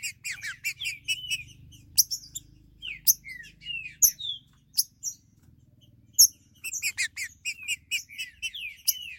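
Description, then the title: Green-winged saltator song of scattered sharp chirps and short downslurred whistles, then a fast chattering run, over a faint low hum and occasional clicks. "Trinca Ferro"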